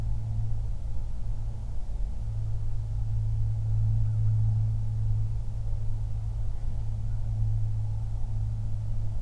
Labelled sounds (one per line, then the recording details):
aircraft
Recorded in the Prudhoe Bay oil fields, Alaska, on 31 July 2019 at 08:43
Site 24